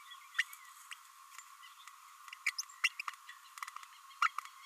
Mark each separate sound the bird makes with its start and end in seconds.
0.38-0.44, 0.91-0.94, 2.46-2.50, 2.83-2.89, 2.99-3.01, 3.07-3.10, 4.21-4.28